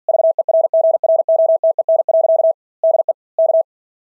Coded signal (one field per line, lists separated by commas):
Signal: Morse code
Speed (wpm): 48 wpm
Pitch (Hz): 660 Hz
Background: none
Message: VERGROTEN. DE K